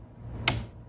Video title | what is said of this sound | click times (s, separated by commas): Lead CNC - Retraining Video with Brad Freese | Once you hear the click, | 0.5 s